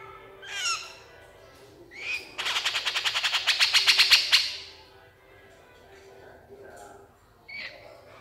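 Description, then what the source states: Horsfield's bush lark song: a few whistled notes, then a fast rattling trill lasting about two seconds, followed by softer scattered notes. Super gacor (vigorous, continuous) singing; a masteran recording for training cage songbirds.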